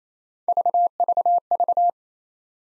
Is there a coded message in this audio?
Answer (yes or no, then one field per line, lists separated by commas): no